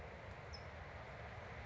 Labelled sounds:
California Towhee (Melozone crissalis)
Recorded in Sonoma County, California

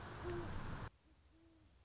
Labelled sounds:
Great Horned Owl (Bubo virginianus)
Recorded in Sonoma County, California

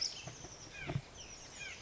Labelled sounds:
White-breasted Nuthatch (Sitta carolinensis)
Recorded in Sonoma County, California

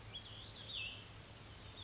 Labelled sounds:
Cassin's Vireo (Vireo cassinii)
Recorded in Sonoma County, California

